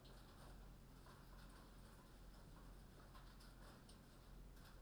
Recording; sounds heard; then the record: poultry house recording; no chicken sound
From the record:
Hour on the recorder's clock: 21